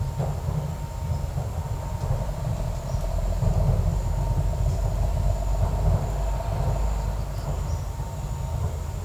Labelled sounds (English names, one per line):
none